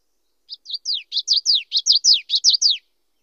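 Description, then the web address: Common yellowthroat singing a quick, bright, rolling phrase of repeated high notes, building in loudness, with no other sounds. "Know Your Bird Sounds Common Western Species. Common Yellowthroat"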